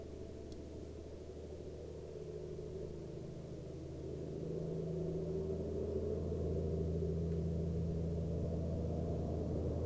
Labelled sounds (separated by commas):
man-made sound